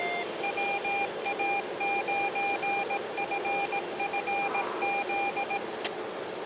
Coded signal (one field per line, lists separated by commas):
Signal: Morse code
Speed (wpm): 18 wpm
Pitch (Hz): 800 Hz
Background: none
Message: WA9FFZ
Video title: Ham Radio Fox Hunting! A vehicle-based ARDF adventure - Radiosport - 3 Old Tech Dudes - Foxhunting